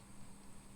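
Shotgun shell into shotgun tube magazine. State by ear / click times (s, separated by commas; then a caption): not seated / none. A shotgun shell is being handled and pushed into a shotgun's tube magazine, but nothing has seated or clicked yet. Only a low, steady background hum with a faint high-pitched tone is heard, with no sharp transients.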